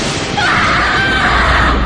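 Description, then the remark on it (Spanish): A loud, sustained crash of thunder, a dense roaring rumble that holds steady for about two seconds without fading, with no voices over it. “La luz de aquel trueno dejó ver la silueta de alguien o de algo que se encontraba metido en su cama.”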